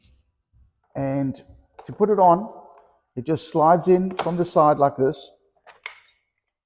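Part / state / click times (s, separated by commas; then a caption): e-bike battery pack into rear rack mount / seated / 5.9 s. A removable battery pack of about 14 amp hours is slid in from the side onto the rear rack mount of an electric bike while someone talks. A sharp click at 5.9 seconds marks the battery latching into place, and it is seated.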